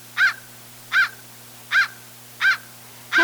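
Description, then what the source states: Crow giving five short, evenly spaced caws, one about every three-quarters of a second, each a brief harsh note with a clear pitch. Adult crow's raspy caw.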